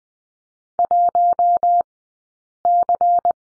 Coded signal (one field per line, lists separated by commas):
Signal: Morse code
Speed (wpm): 20 wpm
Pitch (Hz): 700 Hz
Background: none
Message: 1C